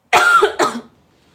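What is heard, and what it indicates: Two quick, forceful cough bursts from an adult woman in close succession, the first longer and the second fading out, then quiet. A brief, isolated cough during conversation, with no wheeze or whoop heard, from someone who coughs all the time; not COVID.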